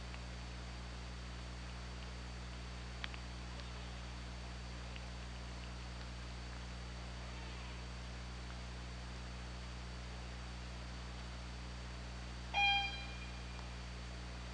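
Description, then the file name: Killer whale call: one short, harmonic-rich pulsed call near the end over steady underwater hiss and low mechanical hum, with a faint click earlier. Recorded on an OrcaLab hydrophone, 24 August 2017 at 23:16. "Orca Lab UTLN JASON 20170824 231627"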